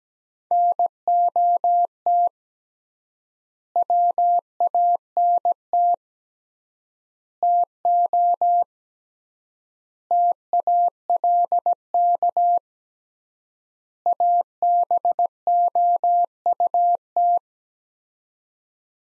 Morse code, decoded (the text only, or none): NOT WANT TO TALK ABOUT